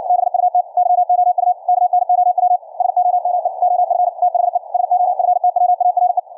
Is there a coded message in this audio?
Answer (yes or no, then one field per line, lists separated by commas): yes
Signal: Morse code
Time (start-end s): 0.1-6.2 s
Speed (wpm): 56 wpm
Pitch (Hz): 720 Hz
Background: none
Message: BUT YOU KNOW SOME OF THE SOFTWARE